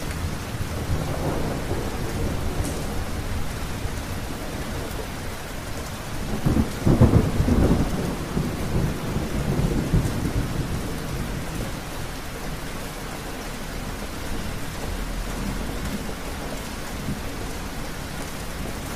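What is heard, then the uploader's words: Rain falls steadily on a roof, a dense, even patter that holds for the whole stretch. Low, deep rumbles swell in and out beneath it, strongest around the middle, with softer surges near the start and again toward the end. Imagine the sounds of rain beginning to fall on the roof of your mountain getaway.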